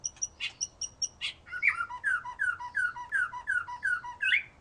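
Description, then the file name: White-rumped shama song: a few high clipped notes, then a steady series of repeated down-slurred whistles, about three each second. "murai batu"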